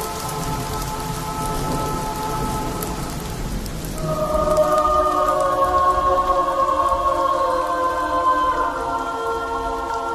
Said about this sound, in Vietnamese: chợt thấy trên mặt có giọt nước rơi, rồi hai giọt, rồi rào rào rào. À, hóa ra trời đổ mưa.